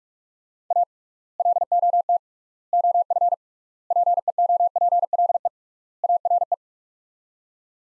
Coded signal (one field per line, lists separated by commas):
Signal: Morse code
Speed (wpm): 46 wpm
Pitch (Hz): 700 Hz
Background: none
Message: A LOT OF PEOPLE ARE